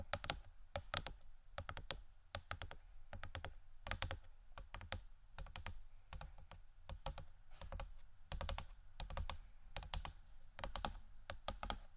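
Quick, dry taps on wooden items come in uneven clusters throughout, sharp clicks with a hollow low knock under each, rather like rapid typing. The tapping is dense and irregular, with brief pauses around four and eight seconds before it picks up again.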